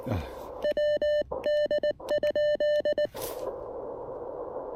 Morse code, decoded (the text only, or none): WD?